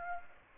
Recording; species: mosquito wingbeat signal from an infrared sensor; Aedes aegypti